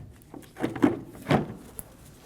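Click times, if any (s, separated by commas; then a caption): none. The plastic tail light housing of a 2008-2015 Scion xB is held against the car body, with its studs being lined up with the body holes before it is pushed in. Soft handling bumps and rustles are heard around 0.6–0.9 s and again near 1.3 s, with a brief sharp tick at 1.8 s. Nothing has seated or clicked yet.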